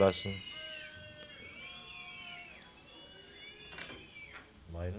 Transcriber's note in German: MfS-Mitarbeiter 1 geht ans Telefon, es hat zuvor jedoch nicht hörbar geklingelt